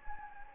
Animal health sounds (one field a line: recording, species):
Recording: mosquito wingbeat signal from an infrared sensor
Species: Anopheles gambiae